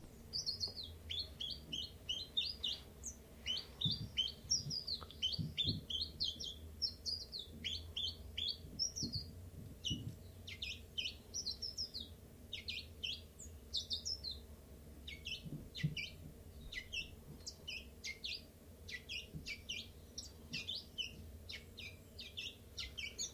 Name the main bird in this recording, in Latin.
Phylloscopus collybita